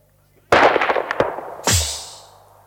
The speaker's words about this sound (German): Das ging daneben, wenn ich mich nicht irre. Der Häuptling der Kiowas hat seinen ersten Schuss verfehlt.